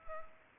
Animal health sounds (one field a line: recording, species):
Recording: mosquito wingbeat signal from an infrared sensor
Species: Culex pipiens